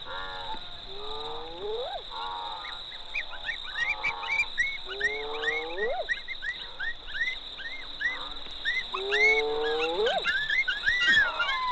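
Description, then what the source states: Golden jackals howling together, many rising wails and short yelping notes overlapping from several animals, some long upslurred howls climbing steeply, over a constant high hum. Sunset chorus in the Serengeti from family groups calling around their earths, answered by distant groups.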